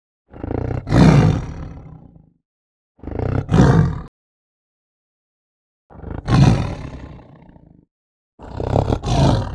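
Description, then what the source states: Tiger giving four deep, rasping growls, each about one to two seconds long, separated by silent pauses and rising to a harsh peak before fading. Excited tiger growling.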